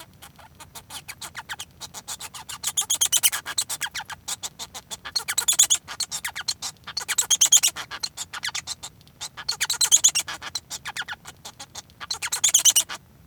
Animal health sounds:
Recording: song of a male Bengalese finch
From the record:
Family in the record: son of father 1

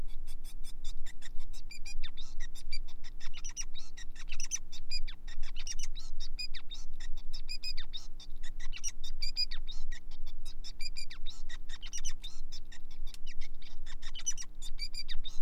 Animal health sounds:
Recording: song of a male Bengalese finch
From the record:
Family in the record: son of father 5

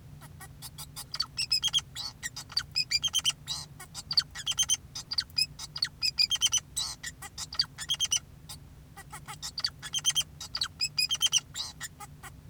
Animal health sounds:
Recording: song of a male Bengalese finch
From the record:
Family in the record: son of father 2, and himself father 4

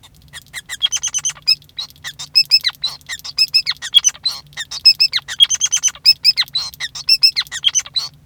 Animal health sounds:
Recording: song of a male Bengalese finch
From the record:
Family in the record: son of father 5

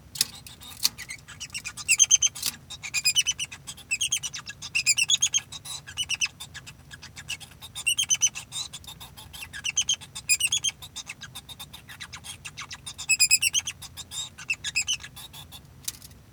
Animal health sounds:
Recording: song of a male Bengalese finch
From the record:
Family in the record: son of father 2

